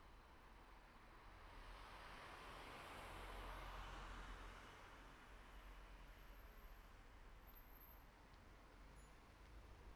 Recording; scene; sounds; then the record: everyday scene through a hearing-aid microphone; in traffic; traffic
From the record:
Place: city secondary road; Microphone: behind the ear, right, rear